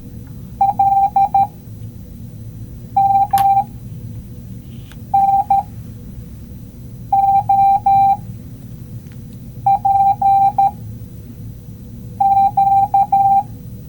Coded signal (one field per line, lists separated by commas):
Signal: Morse code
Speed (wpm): 13 wpm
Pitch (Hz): 790 Hz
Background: none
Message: L M N O P Q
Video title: Morse code! #shorts #morsecode